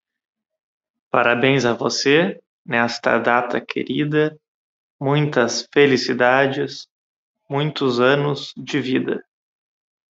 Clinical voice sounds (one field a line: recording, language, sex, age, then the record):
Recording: short text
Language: Brazilian Portuguese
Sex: male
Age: 30 to 39 years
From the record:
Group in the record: control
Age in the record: 31 years